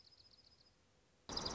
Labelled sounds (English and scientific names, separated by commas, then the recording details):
Dark-eyed Junco (Junco hyemalis)
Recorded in Sonoma County, California